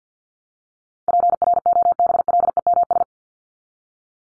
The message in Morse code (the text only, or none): PROBLEMS